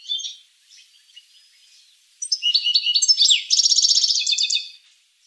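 Finch song, soft scattered notes at first, then a loud phrase of whistled slurs leading into a fast, evenly pulsed trill.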